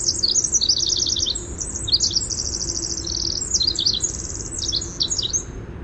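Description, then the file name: Winter wren pouring out an unbroken stream of high, bubbling trills and chattering runs, with a soft low hum underneath. "WIWR song"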